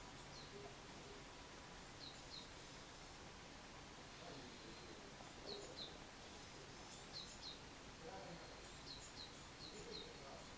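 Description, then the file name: Bird call series of faint high chirps in small groups, recurring through the recording over low hum and diffuse background noise. "wild bird"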